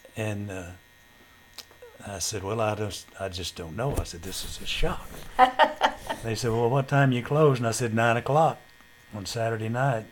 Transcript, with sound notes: And I said, "Well I just-- I just don't know." I said, "This is a shock." (Laughter) Then he said, "Well what time you close." And I said, "Nine o'clock on Saturday night."